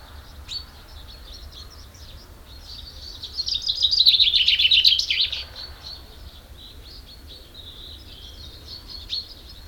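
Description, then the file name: Common chaffinch song: one loud, fast trill of about two seconds dropping into a final flourish, over soft high twittering from other birds. "Fringilla coelebs"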